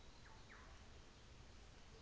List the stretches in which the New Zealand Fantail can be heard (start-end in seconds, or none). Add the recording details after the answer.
none. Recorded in New Zealand on 24 December 2018. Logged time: 15:00